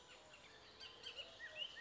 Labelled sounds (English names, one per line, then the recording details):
Bullock's Oriole
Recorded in Sonoma County, California